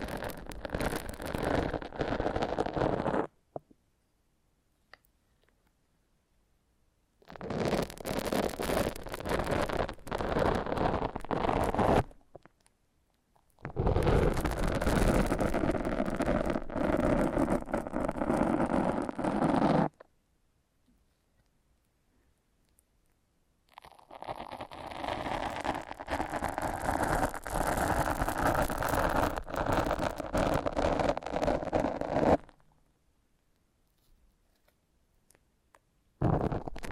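Foam being massaged in rough, crackling bursts that each last several seconds, with near silence between them. The squishing and rubbing is dense and steady within each burst, with low rumbling under it. Bursts come around 0, 7, 13, 24 and 36 seconds.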